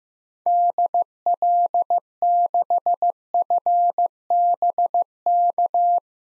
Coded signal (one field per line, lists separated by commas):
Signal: Morse code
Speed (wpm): 15 wpm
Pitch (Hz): 700 Hz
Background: none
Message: DL6FBK